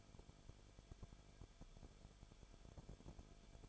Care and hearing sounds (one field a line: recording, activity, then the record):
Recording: daily activity, microphone in the room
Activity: no activity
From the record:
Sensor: 5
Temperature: 20.4 degrees Celsius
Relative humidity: 39.8%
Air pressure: 1010.8 hPa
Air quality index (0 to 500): 165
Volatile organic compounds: 15 ppm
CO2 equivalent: 2502 ppm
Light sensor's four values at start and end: 2/3/1/1 and 2/3/1/1